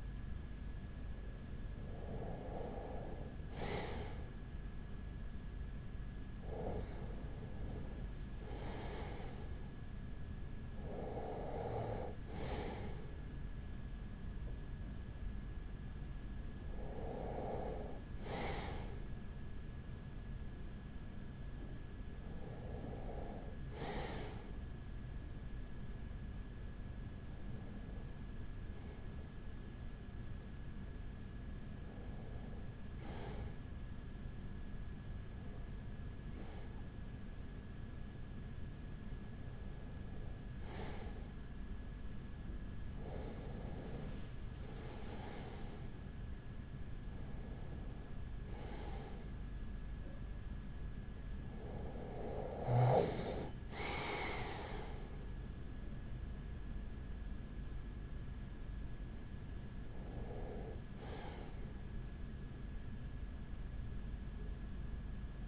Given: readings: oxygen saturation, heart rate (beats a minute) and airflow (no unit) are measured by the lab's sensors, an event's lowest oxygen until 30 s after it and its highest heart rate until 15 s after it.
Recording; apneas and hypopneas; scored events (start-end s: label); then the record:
breathing in sleep by a smartphone at the bedside; none
none scored
From the record:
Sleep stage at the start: REM sleep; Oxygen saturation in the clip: 95 to 97%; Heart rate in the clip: 38 to 48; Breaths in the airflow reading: 13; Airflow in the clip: -8.0 to 9.1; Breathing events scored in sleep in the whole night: 207 in 7.6 hours asleep